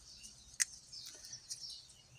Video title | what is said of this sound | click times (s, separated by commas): Kubota L3410 Steering Cylinder Rebuild | And then, it pops right in place perfectly. | 0.6 s